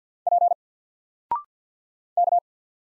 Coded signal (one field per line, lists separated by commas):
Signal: Morse code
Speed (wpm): 48 wpm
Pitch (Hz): 700 Hz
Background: none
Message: P K